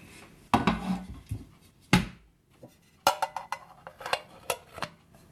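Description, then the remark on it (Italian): Someone opens an old tin biscuit box, of a kind no longer made, found in bathroom tiles: a series of sharp metallic clanks and scrapes, several louder knocks scattered irregularly among fainter rattles, with no voices. “Credo sia una scatola di biscotti, di quelle in latta che non fanno più. L'apro.”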